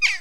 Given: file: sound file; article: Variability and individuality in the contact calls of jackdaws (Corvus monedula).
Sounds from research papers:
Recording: jackdaw call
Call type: harmonic

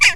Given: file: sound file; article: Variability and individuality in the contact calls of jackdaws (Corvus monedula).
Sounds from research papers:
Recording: jackdaw call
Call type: harmonic

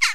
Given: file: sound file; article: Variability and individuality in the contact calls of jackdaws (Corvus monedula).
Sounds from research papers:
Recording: jackdaw call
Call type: harmonic

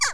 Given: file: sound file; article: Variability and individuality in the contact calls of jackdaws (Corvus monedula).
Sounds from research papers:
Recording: jackdaw call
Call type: harmonic

